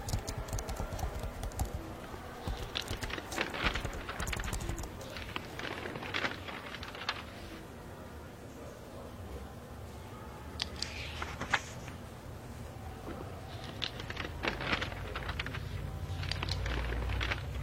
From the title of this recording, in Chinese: 图书馆环境音 打字声 写字翻书